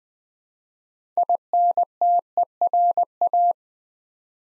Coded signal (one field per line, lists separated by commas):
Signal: Morse code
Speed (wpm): 20 wpm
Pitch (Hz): 700 Hz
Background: none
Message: INTERA